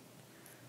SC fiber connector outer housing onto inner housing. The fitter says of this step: that it can snap on you'll hear it click now that assembly is done at